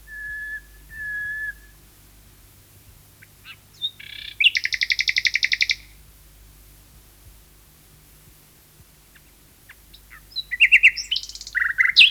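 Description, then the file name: Common nightingale song: two long flat whistles, then a loud fast rattling trill, silence, and a closing jumble of sharp chirps and buzzy notes. "Nachtegaal 2-Sound Cloud - Beeld en Geluid"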